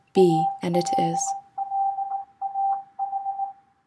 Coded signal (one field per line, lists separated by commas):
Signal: Morse code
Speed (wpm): 18 wpm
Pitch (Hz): 780 Hz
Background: speech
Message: ALLAH